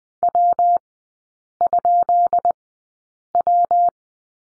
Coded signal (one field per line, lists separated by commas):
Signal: Morse code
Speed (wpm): 20 wpm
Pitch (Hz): 700 Hz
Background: none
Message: W?W